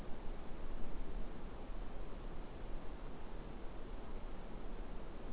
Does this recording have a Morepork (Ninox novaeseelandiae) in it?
no